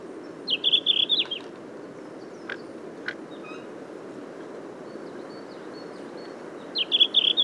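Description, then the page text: Red-flanked bluetail song: a quick, high, warbled phrase at the start and another near the end, separated by about five seconds of quiet with a few faint chirps. "Синехвостка - (лат. Tarsiger cyanurus), Patrick Franke"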